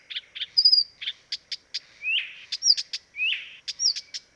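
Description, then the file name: Blyth's reed warbler song, a varied run of sharp clicks, short whistles and rising buzzy slurs delivered continuously at a quick pace. Dviete. "dviete acrocephalus dumetorum"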